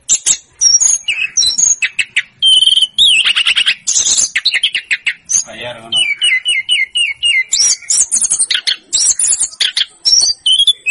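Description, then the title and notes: Snowy-browed flycatcher song, a dense, rapid run of high chirps, ticks and thin whistles with no letup. Masteran recording made for training cage birds to copy its song. "Masteran Tledekan Gunung Sikatan Gunung. BURUNG TLEDEKAN"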